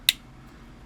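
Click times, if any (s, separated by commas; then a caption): 0.1 s. On a Transformers Rise of the Beasts Studio Series Voyager Class Rhinox figure, the plastic fist is rotated so the small T tab on its thumb comes up and locks into the forearm. A sharp, loud click sounds at 0.1 s, followed by a faint tick near 0.9 s. The fist tab locks into place.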